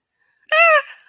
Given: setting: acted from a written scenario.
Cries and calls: vocal sound without words; fear

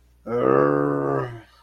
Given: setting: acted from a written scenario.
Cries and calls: vocal sound without words; anger

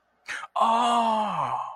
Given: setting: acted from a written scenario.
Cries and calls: vocal sound without words; realization

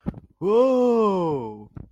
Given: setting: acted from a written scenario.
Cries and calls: vocal sound without words; elation

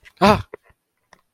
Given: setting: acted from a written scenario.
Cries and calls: vocal sound without words; fear

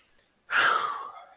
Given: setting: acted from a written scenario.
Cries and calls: vocal sound without words; sadness

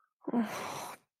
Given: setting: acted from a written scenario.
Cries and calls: vocal sound without words; disappointment

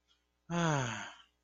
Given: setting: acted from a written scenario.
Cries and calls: vocal sound without words; shame

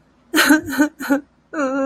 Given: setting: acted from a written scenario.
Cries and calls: vocal sound without words; guilt

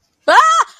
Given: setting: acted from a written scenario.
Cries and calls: vocal sound without words; negative surprise

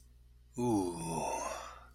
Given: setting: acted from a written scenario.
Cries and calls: vocal sound without words; serenity

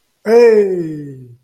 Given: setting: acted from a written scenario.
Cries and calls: vocal sound without words; positive surprise

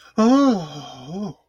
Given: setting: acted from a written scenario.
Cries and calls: vocal sound without words; awe

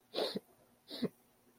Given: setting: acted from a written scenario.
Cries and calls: vocal sound without words; sadness

